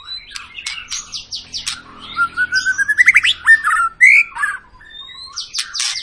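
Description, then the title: White-rumped shama song: sharp clicks, then a long rising whistled trill running into loud slurs and buzzy notes. Long, vigorous song of a white-rumped shama, used as a lure to make other birds sing. "Pancingan Murai Batu Gacor Panjang"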